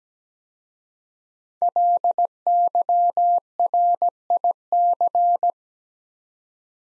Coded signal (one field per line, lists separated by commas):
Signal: Morse code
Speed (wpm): 17 wpm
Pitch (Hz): 700 Hz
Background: none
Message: LYRIC